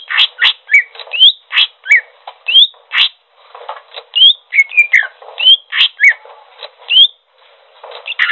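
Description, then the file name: Greater green leafbird singing a lively medley of buzzy chips and clear upslurred whistles, delivered in quick succession with brief pauses, nothing else audible. Described as gacor, singing energetically. "audio cucak hijau gacor"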